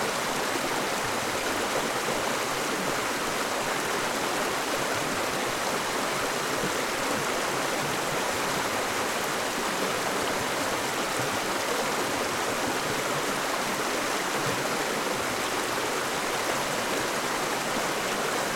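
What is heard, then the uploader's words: A mountain stream tumbles along in a steady, unbroken rush, its bright hiss filling the upper range while a thinner layer of bubbling and gurgling flickers underneath. The flow holds an even level for the whole stretch, with no pauses and no other sounds. The magical music of a mountain stream. Be calmed by the relaxing giggle of a stream tumbling off Sugar Loaf mountain in the Brecon Beacons near Abergavenny.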